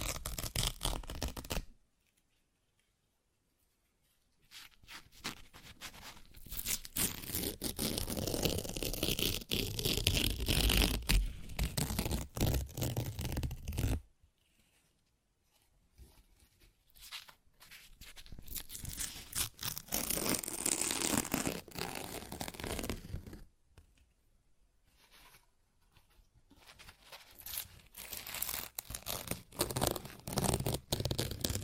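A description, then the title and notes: Paper is ripped and torn in long, crackling bursts, each rough tear running several seconds with fast, gritty fluttering. Near-silent gaps separate the tears, around 2–4, 14–16 and 23–27 seconds. The sound is dense and bright, with a dull low thump beneath. ASMR Paper Ripping Tearing Sounds (No Talking).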